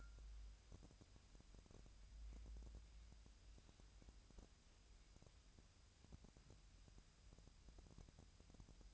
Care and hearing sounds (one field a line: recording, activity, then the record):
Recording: daily activity, microphone in the room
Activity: wipe stove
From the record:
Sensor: 2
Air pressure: 1003.1 hPa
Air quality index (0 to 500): 202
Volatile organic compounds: 6 ppm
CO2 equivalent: 1915 ppm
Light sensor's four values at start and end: 9/21/9/10 and 9/21/9/10